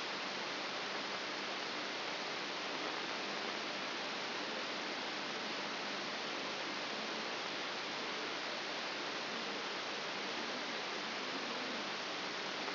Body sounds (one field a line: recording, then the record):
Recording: brain microelectrode recording played as sound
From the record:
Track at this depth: inside the subthalamic nucleus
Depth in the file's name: 0.007 mm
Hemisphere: left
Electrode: 3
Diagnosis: Parkinson's disease